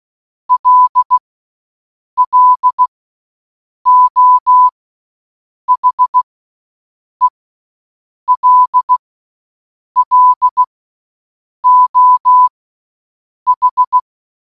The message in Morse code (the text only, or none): LLO HELLO H